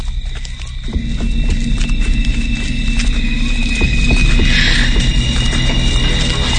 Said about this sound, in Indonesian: Kini samar terdengar ada langkah kaki di belakangku.